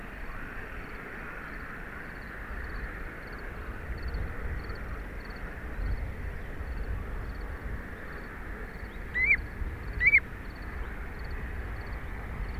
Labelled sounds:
Common Ringed Plover call
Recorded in the wild
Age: diverse
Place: Peenemuende, Usedom, Mecklenburg-Vorpommern, DE
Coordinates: 54.1536, 13.7808
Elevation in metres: 0
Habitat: grassland
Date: 2014-06-05 01:18
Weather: 12°C, weak wind
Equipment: Sound Devices 702, Sennheiser MKH 70, Rycote Windschutz
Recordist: Frommolt, Karl-Heinz

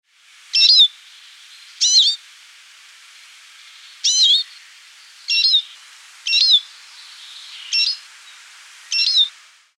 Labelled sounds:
Eurasian Siskin
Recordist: Tembrock, Günter
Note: Rufe

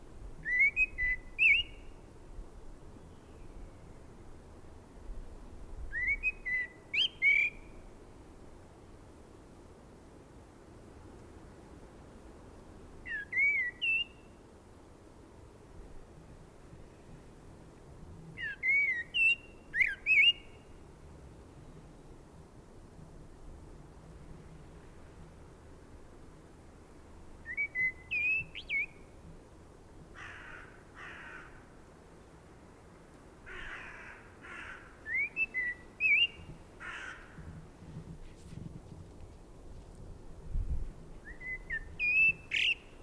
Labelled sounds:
Common Blackbird song
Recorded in the wild
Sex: male
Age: adult
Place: Garmisch-Partenkirchen, Bayern, DE
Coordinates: 47.5203, 11.0817
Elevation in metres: 847
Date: 1969-04-04
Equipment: Nagra
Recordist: Tretzel, Erwin

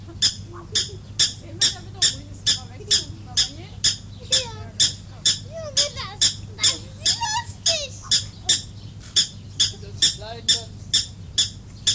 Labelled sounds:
Black-tailed Prairie Dog call
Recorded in captivity
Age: adult
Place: Zoo Halle, Sachsen-Anhalt, DE
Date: 2005-10-10 16:10
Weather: overcast, 10°C
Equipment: Panasonic RQ-2102, Sennheiser ME 80, Kopie Uher 4000 Report Monitor
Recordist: Tembrock, Günter

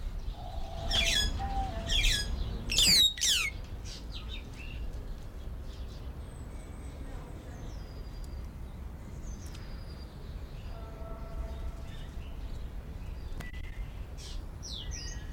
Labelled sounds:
White-headed Buffalo-Weaver
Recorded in captivity
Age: adult
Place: Zoo Berlin, Berlin, DE
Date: 1993-01-16 10:38
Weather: heiter, 10-13°C
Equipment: Marantz CP 430, Sennheiser ME 80, Kopie Uher Variocord 263
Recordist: Tembrock, Günter

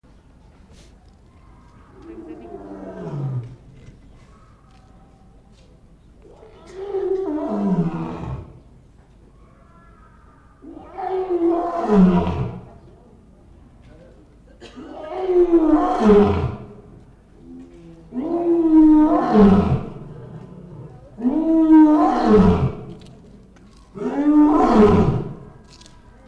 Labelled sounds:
Lion call
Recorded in captivity
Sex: male
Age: adult
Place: Zoo Leipzig, Sachsen, DE
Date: 1959-09-17 13:45
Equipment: Reporter (Vollspur)
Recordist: TSA

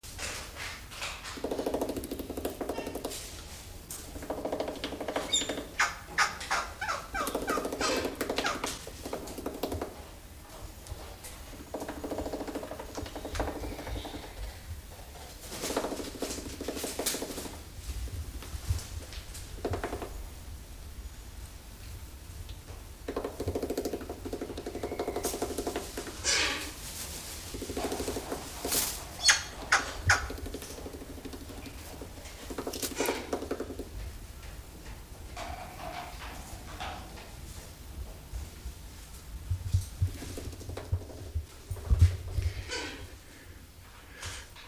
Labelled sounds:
Visayan Hornbill
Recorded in captivity
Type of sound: knocking, call
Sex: pair
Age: adult
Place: Zoo Berlin, Berlin, DE
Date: 2002-10-22 12:30
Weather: bedeckt, 13°C
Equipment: Nagra SN, Kopie Uher 4000 Report Monitor
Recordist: Tembrock, Günter
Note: Weibchen arbeitet von innen am Nesteingang, Männchen vorn mit Kurzlauten (Entfernung zum Männchen 70 cm)

